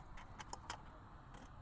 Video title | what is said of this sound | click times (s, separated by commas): Surviving in Our Box Truck Conversion with ITEHIL Portable WaterFiltration System Will It Work?? | push down firmly and it locks in You Hear The Click first time | 0.5 s